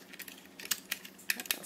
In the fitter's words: pretty self-explanatory make sure it clicks in